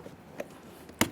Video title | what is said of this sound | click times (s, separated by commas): How to Replace Rear Exterior Door Handles 2015-2020 Ford F-150 | we're going to press it in listen for a click make sure it's properly locked in | 1.0 s